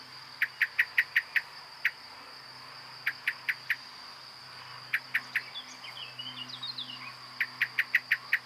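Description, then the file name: Common blackbird sharp chinking calls in rapid runs of several notes, with faint higher twittering midway and a steady high hum behind. "Turdus merula"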